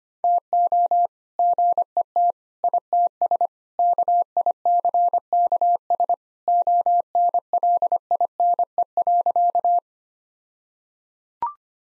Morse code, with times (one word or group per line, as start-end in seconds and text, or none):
0.2-1.1 TO
1.4-2.3 GET
2.6-3.5 ITS
3.8-6.1 KICKS
6.5-9.8 ONLINE.